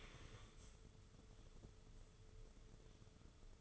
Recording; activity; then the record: daily activity, microphone in the room; stand up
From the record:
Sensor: 4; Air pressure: 995.3 hPa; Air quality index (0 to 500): 217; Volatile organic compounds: 270 ppm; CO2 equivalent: 4412 ppm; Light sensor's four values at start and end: 20/51/20/24 and 19/50/20/24